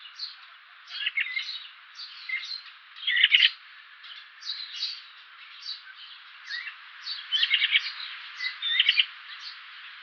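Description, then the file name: Eurasian magpie giving a scratchy chatter, with louder bursts around 3 seconds and again towards the end. "Pica pica"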